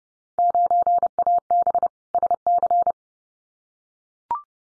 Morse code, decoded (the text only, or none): 9AB SC